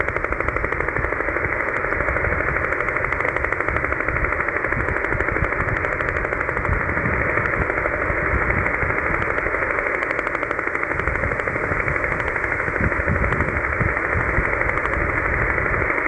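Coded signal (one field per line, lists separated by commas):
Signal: radar signal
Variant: over-the-horizon radar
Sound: fast, steady machine-gun-like rattling pulses over hissy static, woodpecker-style tapping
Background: radio static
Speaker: I'm sure it's just over the horizon radar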